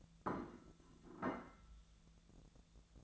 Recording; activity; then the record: daily activity, microphone in the room; place plate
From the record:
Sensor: 3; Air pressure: 1000.2 hPa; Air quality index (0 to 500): 140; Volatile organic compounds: 2 ppm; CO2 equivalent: 1242 ppm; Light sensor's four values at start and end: 35/88/37/40 and 35/87/37/40